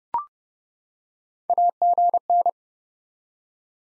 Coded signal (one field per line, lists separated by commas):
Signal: Morse code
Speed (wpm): 30 wpm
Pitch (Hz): 700 Hz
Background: none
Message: AGN